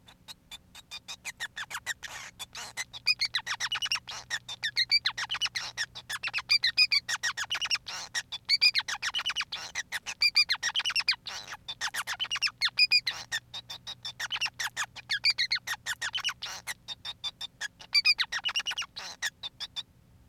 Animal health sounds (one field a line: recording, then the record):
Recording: song of a male Bengalese finch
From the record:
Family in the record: son of father 5